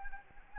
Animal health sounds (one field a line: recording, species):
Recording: mosquito wingbeat signal from an infrared sensor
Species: Anopheles arabiensis